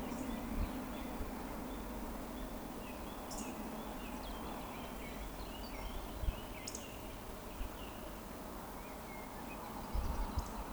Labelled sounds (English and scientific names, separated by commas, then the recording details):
Eurasian Woodcock (Scolopax rusticola) whistle
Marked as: whistle, whistle, whistle, whistle
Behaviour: display flight
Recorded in Baden-Württemberg, Germany, on 13 June 2020 at 19:38 UTC
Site 14569, 102 m above sea level